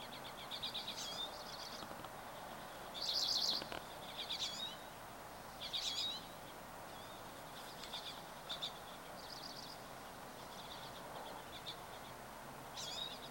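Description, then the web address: Bird chirps and short buzzy trills scattered throughout, a louder burst near three seconds and another around six, over a constant hiss. Recorded 24 April 2023. "starlog birds 20230424"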